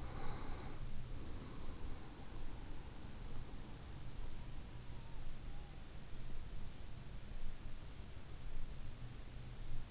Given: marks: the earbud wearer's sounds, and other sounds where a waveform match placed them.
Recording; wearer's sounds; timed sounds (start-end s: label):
sounds in sleep by an in-ear microphone; breath
0.00-3.18 s: breath